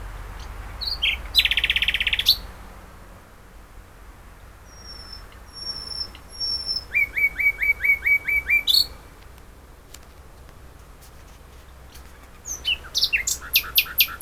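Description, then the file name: Common nightingale song: varied phrases, a harsh buzzy burst, drawn-out high whistles, a run of quick repeated notes, then a fresh rapid trill after a pause. "Luscinia megarhynchos"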